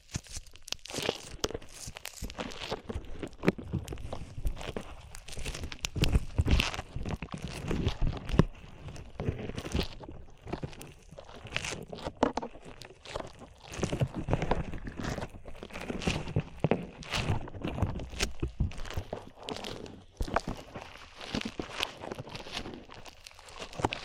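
Sticky squelching and crackling pops of slime being pressed and pulled, a dense uneven run of wet clicks and crunches throughout.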